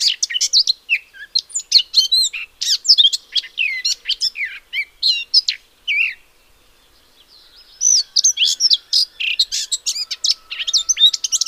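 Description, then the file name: Eurasian blackcap song: a rich, fast warble of varied high notes for about six seconds, a short pause, then another burst of quick chattering phrases. "Sylvia atricapilla"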